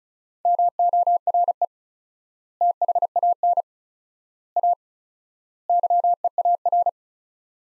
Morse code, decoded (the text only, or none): MORE THAN A YEAR